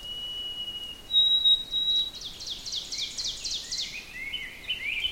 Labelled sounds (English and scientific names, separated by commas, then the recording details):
Ovenbird (Seiurus aurocapilla) song
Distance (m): 55 m
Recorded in boreal forest in Alberta, Canada, on 4 June 2016 at 06:03
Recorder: SongMeter 3, array SBT-3-51
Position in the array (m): 272 m, 125 m
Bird 28